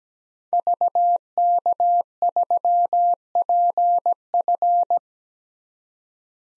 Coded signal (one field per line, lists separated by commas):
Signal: Morse code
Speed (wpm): 17 wpm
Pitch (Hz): 700 Hz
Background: none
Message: VK3PF